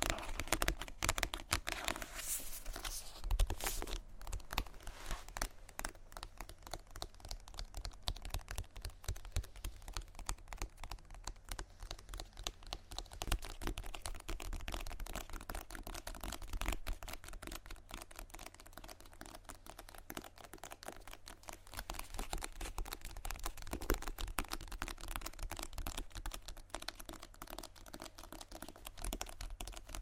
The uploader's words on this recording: ASMR Tapping On Random Objects.